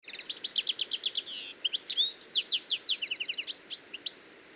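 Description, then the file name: European goldfinch delivering a fast, continuous twittering song of metallic chirps, buzzy trills and clear whistled notes, all high-pitched and lively. "Carduelis carduelis"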